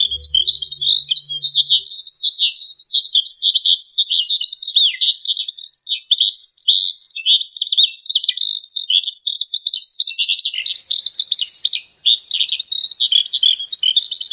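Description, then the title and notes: Bird song, a continuous rapid stream of high chirps, trills and warbled notes with no pauses, growing slightly busier and scratchier near the end. Birdsong recording used to train (master) pet birds. "Suara Burung. Suara Kicauan Burung untuk memaster burung kesayangan"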